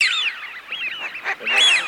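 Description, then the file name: Eurasian wigeon whistles, several arching high notes overlapping in quick succession, with a brighter rising-and-falling whistle near the end. Recording made for use as a hunting lure. "Свиязь Fischione"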